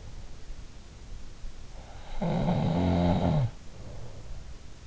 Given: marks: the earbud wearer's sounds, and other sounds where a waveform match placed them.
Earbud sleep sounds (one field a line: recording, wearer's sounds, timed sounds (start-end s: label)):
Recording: sounds in sleep by an in-ear microphone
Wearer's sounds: snoring breath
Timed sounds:
1.39-4.48 s: snoring breath